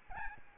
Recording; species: mosquito wingbeat signal from an infrared sensor; Aedes albopictus